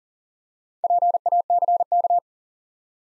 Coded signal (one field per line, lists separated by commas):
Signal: Morse code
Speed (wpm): 40 wpm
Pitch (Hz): 700 Hz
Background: none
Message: PACK